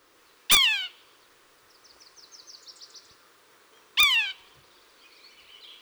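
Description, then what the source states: Red-breasted Sapsucker calls: two loud, harsh, downslurred squealing notes about three and a half seconds apart, with faint chattering between them. Played-back recording; a call commonly heard from this woodpecker besides its tapping.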